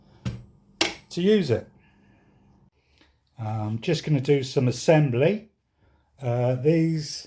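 A sharp snap-like click at 0.8 s as the safety lever on a Guild 1700W sliding mitre saw is released so the saw head can be lowered, with a fainter tap just before. Someone talks around it, and the lever ends up released.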